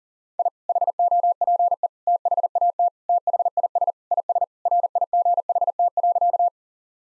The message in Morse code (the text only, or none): I HOPE THAT THIS IS RIGHT.